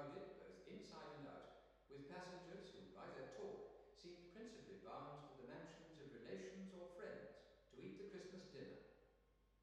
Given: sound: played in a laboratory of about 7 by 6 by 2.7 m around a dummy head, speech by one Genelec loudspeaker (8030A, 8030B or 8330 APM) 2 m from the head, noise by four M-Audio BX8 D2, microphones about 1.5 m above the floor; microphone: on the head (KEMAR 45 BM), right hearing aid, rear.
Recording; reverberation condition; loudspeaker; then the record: male speech in English; high; 120 degrees to the left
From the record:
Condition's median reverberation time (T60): about 1300 ms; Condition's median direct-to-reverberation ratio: about -4.0 dB